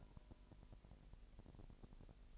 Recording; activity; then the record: daily activity, microphone in the room; take from stove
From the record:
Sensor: 5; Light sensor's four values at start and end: 20/43/19/21 and 20/42/19/21